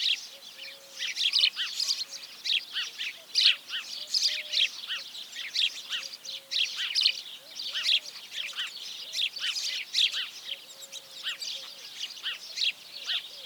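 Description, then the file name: House sparrow calls: dense, overlapping sharp chirps from several birds in steady chatter throughout, with a soft, low tone repeating underneath. "Passer domesticus"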